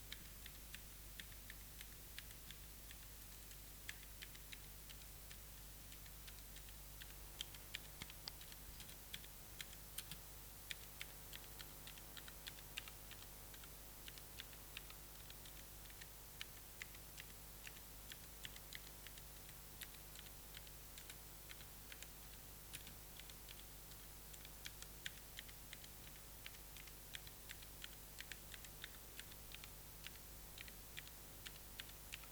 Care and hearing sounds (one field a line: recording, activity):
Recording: daily activity, guitar pickup as the sensor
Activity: type